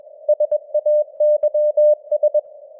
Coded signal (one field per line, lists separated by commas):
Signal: Morse code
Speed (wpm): 21 wpm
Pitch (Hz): 600 Hz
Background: none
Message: SAYS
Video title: Morse Code News | 2025-12-15 | 21wpm